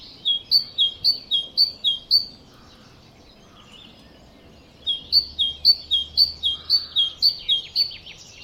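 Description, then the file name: Great tit calling with a bright two-note phrase, high then lower, repeated rapidly in two bursts separated by a quiet pause. "Parus major"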